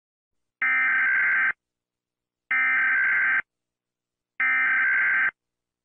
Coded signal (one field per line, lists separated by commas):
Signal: Emergency Alert System (SAME) tones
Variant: header bursts